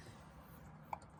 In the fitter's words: Just snap into place.